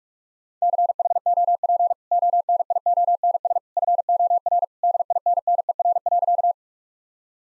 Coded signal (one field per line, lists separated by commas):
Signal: Morse code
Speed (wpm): 46 wpm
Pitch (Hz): 700 Hz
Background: none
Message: CHOP ONIONS FOR DINNER.